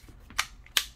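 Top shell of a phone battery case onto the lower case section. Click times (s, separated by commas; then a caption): 0.4 s, 0.8 s. The hard plastic top layer of a ZEROLEMON 10000mAh battery case with wireless charging is pressed onto an iPhone 14/14 Pro and the lower case section. Two sharp snaps are heard at 0.4 s and 0.8 s, the second one louder, and the top layer snaps into place.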